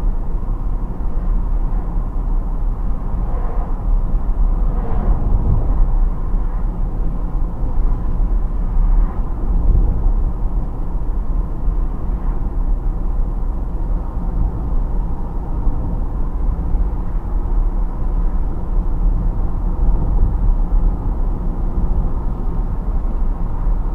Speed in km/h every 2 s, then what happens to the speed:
66, 64, 62, 62, 62, 62, 61, 61, 61, 62, 62, 64.
0-24 steady at about 62.